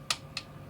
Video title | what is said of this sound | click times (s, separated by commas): Tamiya Electric Handy Drill for model making, Alexen flat hole bits, and small bit mod 74041 | yeah you can literally hear it snap snap but honestly I've never used this lock there's | 0.1 s, 0.4 s